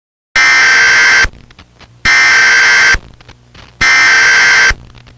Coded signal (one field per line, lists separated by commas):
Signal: Emergency Alert System (SAME) tones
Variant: header bursts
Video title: EAS Scenario: Martial Law Remastered